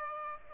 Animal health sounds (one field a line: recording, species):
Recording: mosquito wingbeat signal from an infrared sensor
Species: Aedes aegypti